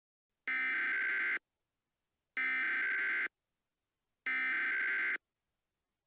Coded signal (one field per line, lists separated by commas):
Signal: Emergency Alert System (SAME) tones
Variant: header bursts